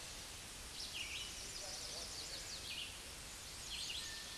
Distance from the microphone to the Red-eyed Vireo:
about 30 m